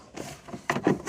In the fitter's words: Let's go ahead and put the ramp on. You're simply going to snap it on.